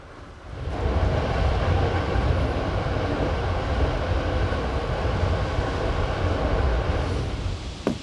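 A steady, heavy rumble of a moving train heard from inside a sleeper car, with low droning wheel noise and faint rhythmic clatter that swells in after a brief quiet start.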